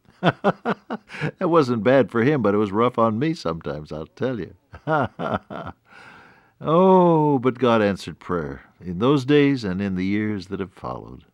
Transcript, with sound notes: That wasn’t bad for him, but it was rough on me sometimes I’ll tell you (Laughs) Oh, but God answered prayer in those days and in the years that have followed.